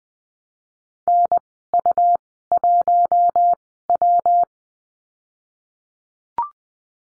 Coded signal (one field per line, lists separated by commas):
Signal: Morse code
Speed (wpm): 20 wpm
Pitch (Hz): 700 Hz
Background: none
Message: NU1W